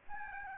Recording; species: mosquito wingbeat signal from an infrared sensor; Aedes albopictus